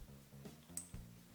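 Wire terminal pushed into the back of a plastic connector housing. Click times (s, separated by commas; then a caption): 0.8 s. A small soldered pin terminal on a wire is gripped with pliers and pushed into the back of a plastic connector socket. A sharp click at 0.8 s marks it locking into place, and the terminal is now held securely. Low background hum fills the clip.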